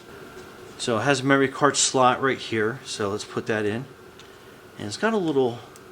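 A microSD memory card is handled at the card slot of a G11PRO 6K drone, ready to be pushed in. Someone talks throughout, and there is a faint tick near 4.2 s during a pause. Nothing has seated or snapped into place yet.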